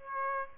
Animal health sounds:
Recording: mosquito wingbeat signal from an infrared sensor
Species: Aedes aegypti

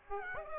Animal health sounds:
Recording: mosquito wingbeat signal from an infrared sensor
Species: Aedes aegypti

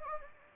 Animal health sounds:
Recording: mosquito wingbeat signal from an infrared sensor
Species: Anopheles gambiae

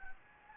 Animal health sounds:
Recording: mosquito wingbeat signal from an infrared sensor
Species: Anopheles gambiae

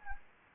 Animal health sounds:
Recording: mosquito wingbeat signal from an infrared sensor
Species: Anopheles gambiae

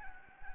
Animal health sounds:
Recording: mosquito wingbeat signal from an infrared sensor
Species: Anopheles gambiae

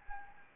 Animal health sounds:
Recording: mosquito wingbeat signal from an infrared sensor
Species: Anopheles gambiae

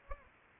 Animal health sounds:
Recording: mosquito wingbeat signal from an infrared sensor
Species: Aedes aegypti

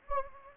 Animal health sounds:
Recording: mosquito wingbeat signal from an infrared sensor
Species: Anopheles gambiae

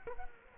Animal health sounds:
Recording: mosquito wingbeat signal from an infrared sensor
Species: Culex quinquefasciatus

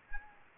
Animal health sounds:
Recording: mosquito wingbeat signal from an infrared sensor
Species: Aedes aegypti

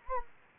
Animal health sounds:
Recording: mosquito wingbeat signal from an infrared sensor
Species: Anopheles gambiae

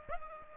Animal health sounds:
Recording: mosquito wingbeat signal from an infrared sensor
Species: Aedes aegypti

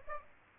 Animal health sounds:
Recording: mosquito wingbeat signal from an infrared sensor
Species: Aedes aegypti

